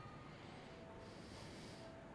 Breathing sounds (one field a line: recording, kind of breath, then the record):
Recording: one breath in and out by a microphone near the nose and mouth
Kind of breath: normal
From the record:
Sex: male